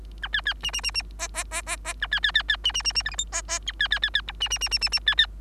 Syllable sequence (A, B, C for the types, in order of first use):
A B B C C C C D D D D D A B B B B C C C C E F G D D B B B B H C C C C C C B B